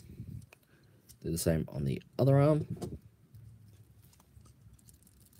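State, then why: Not seated. Someone talks while folding the second arm of a plastic Assault Soldiers Mech Soul-01 transforming robot figure toward its folded slot on the torso, with faint handling clicks near the start and around 4.8 seconds. The clip ends before the arm goes home, so nothing has snapped or seated yet.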